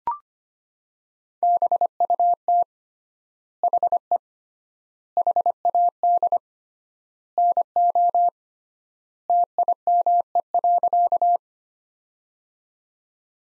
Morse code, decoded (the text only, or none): BUT HE HAD NO TIME.